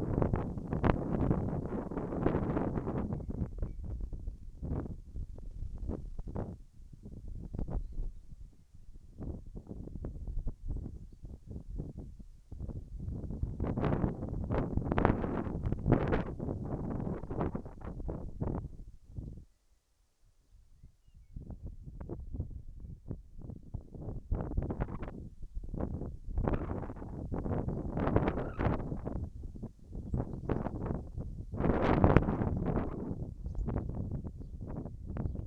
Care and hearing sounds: everyday scene through a hearing-aid microphone; wind on the microphone; wind, whistling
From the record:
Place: in front of a rural house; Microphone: behind the ear, left, front

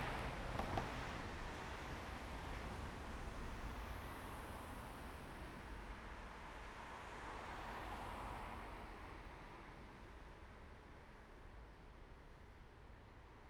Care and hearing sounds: everyday scene through a hearing-aid microphone; in traffic; traffic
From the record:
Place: main road on the outskirts, rush hour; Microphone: behind the ear, right, rear

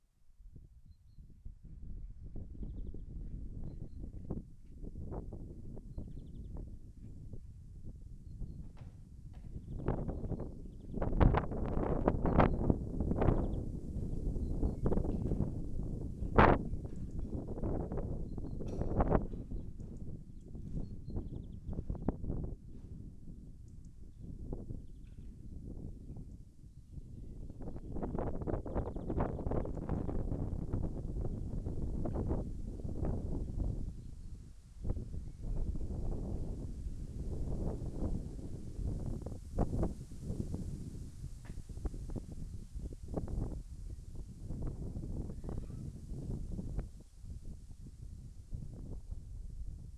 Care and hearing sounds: everyday scene through a hearing-aid microphone; wind on the microphone; wind, other noises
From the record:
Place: in front of a rural house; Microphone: behind the ear, left, rear

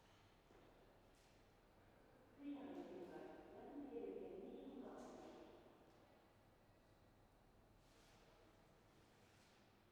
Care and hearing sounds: everyday scene through a hearing-aid microphone; reverberant space; announcement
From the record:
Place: railway station hall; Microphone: behind the ear, right, front

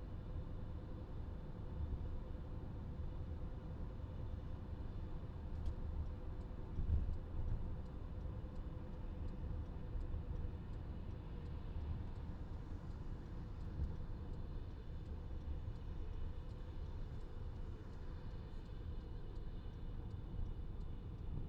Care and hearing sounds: everyday scene through a hearing-aid microphone; in a vehicle; engine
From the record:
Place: VW T5 Caravelle, diesel engine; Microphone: in the ear canal, left

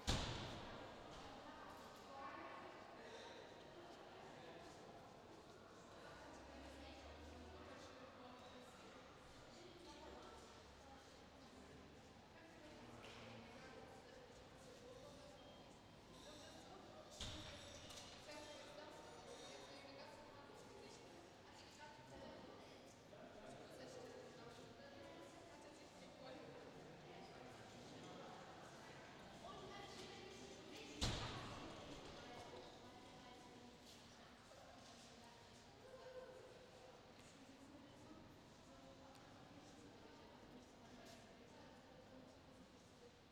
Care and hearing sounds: everyday scene through a hearing-aid microphone; reverberant space; background noise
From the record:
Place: railway station hall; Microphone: in the ear canal, left

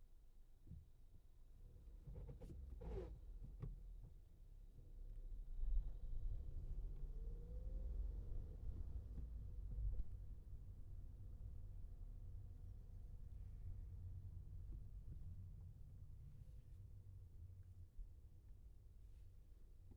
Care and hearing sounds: everyday scene through a hearing-aid microphone; in a vehicle; engine, traffic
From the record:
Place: Skoda Fabia, gasoline engine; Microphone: behind the ear, left, rear

